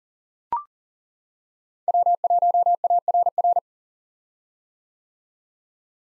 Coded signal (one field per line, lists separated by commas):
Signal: Morse code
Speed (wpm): 40 wpm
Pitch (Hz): 700 Hz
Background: none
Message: W1ARR